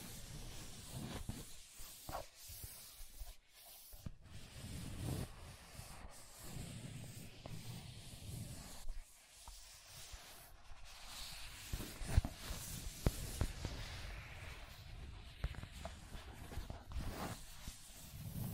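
Scratching and tracing across a surface, a dry rubbing that comes in irregular strokes with brief gaps, around 3.5 and 9 seconds. The texture is gritty and hissy with low thumps under it, and a few sharp clicks stand out near 12 and 13 seconds.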